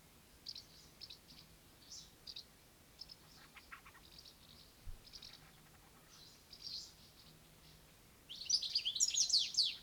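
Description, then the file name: European goldfinch twittering: faint, scattered high chips through most, then a bright, rapid, jangling burst of song in the final second and a half. "Eestimaa Looduse Fond - Goldfinch"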